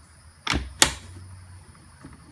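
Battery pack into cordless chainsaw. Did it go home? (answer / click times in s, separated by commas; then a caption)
yes / 0.8 s. A Ryobi 40 V lithium-ion battery pack is slid into the plastic housing of a cordless chainsaw, with a first broadband scrape-knock at about 0.5 s as it goes in. A sharp, loud snap follows at 0.8 s as the pack latches and locks into place, and the clip ends in quiet background.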